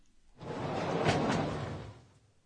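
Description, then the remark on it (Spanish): A sliding door is pulled open in one continuous rumbling, rattling slide that swells up, holds for nearly two seconds, then fades away, with no voices. “Suena como alguien abriendo una puerta corrediza.”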